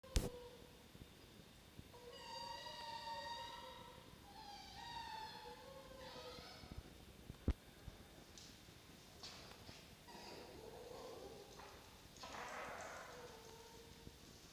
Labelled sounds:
Red Fox (Vulpes vulpes)
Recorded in captivity
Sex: diverse
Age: juvenile
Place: Zoologisches Institut der HUB, Berlin, DE
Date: 1953-09-04 10:50
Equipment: Elmetra
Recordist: Tembrock, Günter
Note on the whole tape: Molly (auf 15 liegend): Drohwinseln-Keckern; Hansel (auf 16): Unterlegenheitswinseln

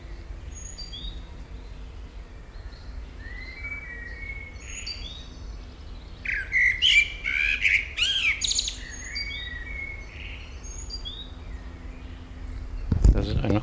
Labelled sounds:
Common Blackbird (Turdus merula)
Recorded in the wild
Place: Schloßpark Niederschönhausen, Berlin, DE
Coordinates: 52.58, 13.4
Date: 1996-05-18 18:35
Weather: sonnig, 24°C
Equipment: Sony MD-WM MZ-R3, Sennheiser MKH 416 T, Kopie Uher 4000 Report Monitor
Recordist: Tembrock, Günter

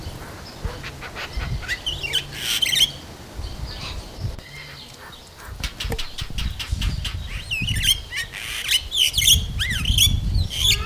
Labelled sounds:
Crested Myna (Acridotheres cristatellus) song
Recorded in captivity
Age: adult
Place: Zoo Berlin, Berlin, DE
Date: 2000-07-11 14:29
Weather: fair, 20°C, gusty winds
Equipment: Nagra SN, Kopie Uher 4000 Report Monitor
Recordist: Tembrock, Günter
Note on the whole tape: Zwei Tiere: Gesang (Entfernung ca. 5 m). Nachhall

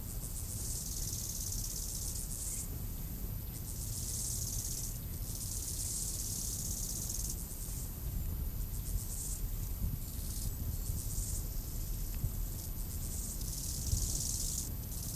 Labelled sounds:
Bow-winged Grasshopper (Chorthippus biguttulus) stridulation
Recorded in the wild
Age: imago
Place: Lanke, Brandenburg, DE
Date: 2005-08-22 15:11
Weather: sonnig, 26°C
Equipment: Panasonic RQ-2102, Sennheiser ME 80, Kopie Uher 4000 Report Monitor
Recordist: Tembrock, Günter
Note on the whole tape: Lanke, am Bogensee: Stridulation, Windgeräusche und Aufnahme größtenteils stark verrauscht

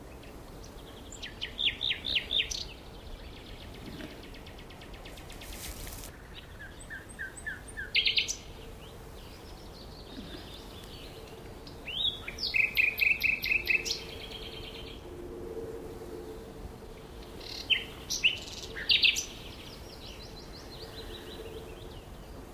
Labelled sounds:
Common Nightingale (Luscinia megarhynchos) song
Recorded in the wild
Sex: male
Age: adult
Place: Berlin, OT Blankenfelde, Tegeler Fließ, Berlin, DE
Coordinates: 52.6253, 13.3928
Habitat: grove
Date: 1988-04-30 11:07
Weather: sunny, 16-20°C
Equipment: Nagra SN, Kopie Tesla B 116
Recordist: Tembrock, Günter
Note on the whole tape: Blankenfelde, Wäldchen am Standrohr. Männchen: Gesang

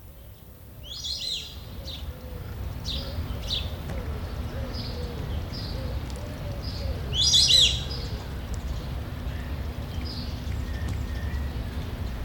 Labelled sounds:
White-faced Whistling Duck (Dendrocygna viduata)
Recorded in captivity
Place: Zoo Berlin, Berlin, DE
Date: 1995-07-22 18:27
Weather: heiter, 20-22°C
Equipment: Sony WM-D6C, Sennheiser ME 80, Kopie Uher 4000 Report Monitor
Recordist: Tembrock, Günter

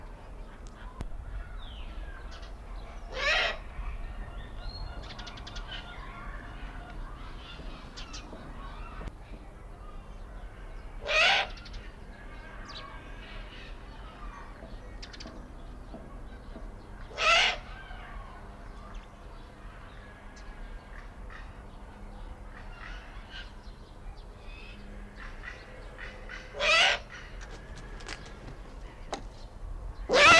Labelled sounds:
Eurasian Eagle-owl (Bubo bubo) call
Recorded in captivity
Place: Timmendorfer Strand, Holsteinische Schweiz, Schleswig-Holstein, DE
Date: 1992-09-21 15:51
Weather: sonnig, 22°C
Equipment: Marantz CP 430, Sennheiser ME 80, Kopie Tesla B 116
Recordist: Tembrock, Günter

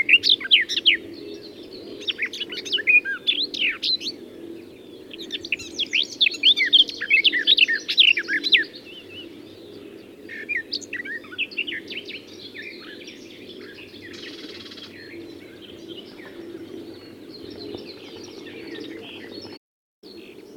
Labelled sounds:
Barred Warbler (Sylvia nisoria) song
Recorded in the wild
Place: Anklam, Mecklenburg-Vorpommern, DE
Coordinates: 53.812, 13.861
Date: 1980-05-25 06:10
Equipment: Nagra III BH, Sennheiser MD 21, parabola
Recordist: Schubert, Michael
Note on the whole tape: Gesang Sperbergrasmücke

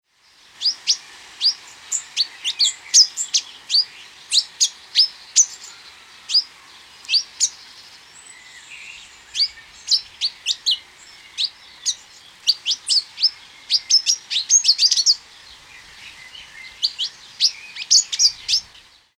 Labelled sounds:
Pin-tailed Whydah (Vidua macroura)
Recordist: Tembrock, Günter
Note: Gesang

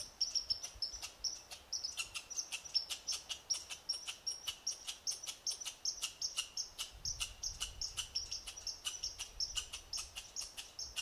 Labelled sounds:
Red Squirrel (Tamiasciurus hudsonicus) call
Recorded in the wild
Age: adult
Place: Jasper National Park, Rocky Mountains, Alberta, CA
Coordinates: 52.9072, -118.065
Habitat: coniferous forest
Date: 1991-09-13 19:00
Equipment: Sony WM-D6C, Sony ECM-939 LT (Stereo), Kopie Uher 4400 IC
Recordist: Frommolt, Karl-Heinz

